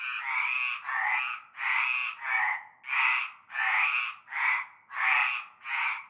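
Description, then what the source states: Frogs croaking together, long grating croaks following one another with brief gaps, about nine calls in six seconds. Chorus of frogs at nightfall in a large concrete basin with stagnant greenish water, Avenue Cante Coucou, Groupède, La Ciotat, Bouches-du-Rhône, France.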